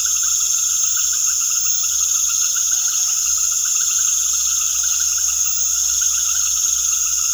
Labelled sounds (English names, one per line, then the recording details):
none
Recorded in secondary vegetation near Puerto Asís, Putumayo, Colombia, on 18 February 2024 at 19:00
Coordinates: 0.500, -76.326
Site G6428